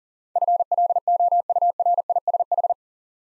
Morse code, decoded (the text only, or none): FLOURISH